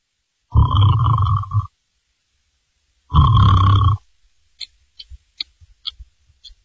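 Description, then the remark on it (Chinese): A voice imitates the snoring of someone asleep behind a tavern counter: two long, rasping, throaty snores with a pause between them, followed by a scatter of quick, faint clicking or lip-smacking sounds. “喊了两声没动静，仔细一听，有打呼噜的声音。”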